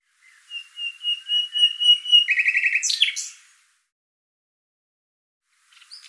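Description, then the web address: Bird song opening with a string of steady whistled notes, then a quick buzzy trill and downslurred chirps; a faint note follows near the end. "Deverinetal 2025"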